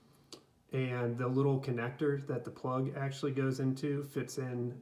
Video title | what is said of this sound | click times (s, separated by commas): Flat Iron Won't Stay On - DIY FIX - Sedu | snaps down into place. | 0.3 s